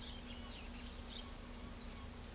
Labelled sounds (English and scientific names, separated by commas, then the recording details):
Palm Tanager (Thraupis palmarum)
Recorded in pastures near Pivijay, Magdalena, Colombia, on 3 June 2023 at 06:30
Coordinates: 10.456, -74.369
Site P6-G026